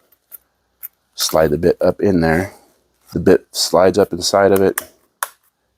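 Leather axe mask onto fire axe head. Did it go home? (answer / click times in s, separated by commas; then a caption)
yes / 5.2 s. A one-piece leather axe mask is slid back onto a fire axe head, with the bit going up inside it, while someone talks. At 5.2 s there is a single sharp, loud snap as the closure shuts and the mask seats in place.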